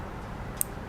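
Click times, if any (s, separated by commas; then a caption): 0.6 s. A pulled-up piece on the circuit board of a Genie Blue Max garage door opener, opened up for teardown, is slid back into its slot on the board connection. Over a steady low background hum, one short, sharp, bright click snaps out at 0.6 s. The piece seats home in its slot with a solid connection.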